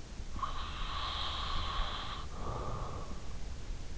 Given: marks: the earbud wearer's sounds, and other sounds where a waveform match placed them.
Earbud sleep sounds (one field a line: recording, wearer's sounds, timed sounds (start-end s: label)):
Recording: sounds in sleep by an in-ear microphone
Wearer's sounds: breath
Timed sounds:
0.20-3.34 s: breath